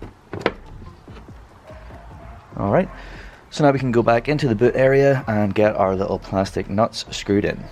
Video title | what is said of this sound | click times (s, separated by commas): AUTOBEAM LED TAIL LIGHTS INSTALL! - FOCUS RS | we give the prong area a little bit of a push and that will click into the body work and secure it | 0.5 s